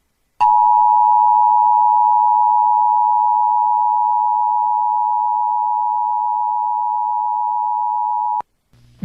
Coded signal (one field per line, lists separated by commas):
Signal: Emergency Alert System (SAME) tones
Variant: 853 and 960 Hz attention tone